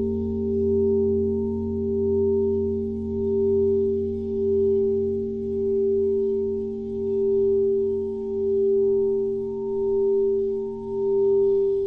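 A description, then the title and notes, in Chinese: Crystal singing bowls ring out in a sustained, pure drone, with a bright tone near the middle and a deeper hum beneath it. The sound swells and eases in slow, regular waves, roughly every second or so, without any struck attacks or pauses. 水晶钵音乐。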